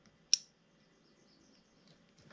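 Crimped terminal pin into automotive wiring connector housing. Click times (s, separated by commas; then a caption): 0.3 s. A crimped, sealed terminal pin is pushed into a plastic automotive wiring connector housing and seats with one sharp, bright click at 0.3 s. After the click come only faint handling sounds.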